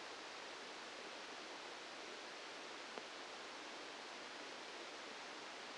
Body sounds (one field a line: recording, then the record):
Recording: brain microelectrode recording played as sound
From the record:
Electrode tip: outside the subthalamic nucleus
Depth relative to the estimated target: -6 mm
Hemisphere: left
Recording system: NeuroSet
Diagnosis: Parkinson's disease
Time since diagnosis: 8 years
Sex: male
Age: 65 years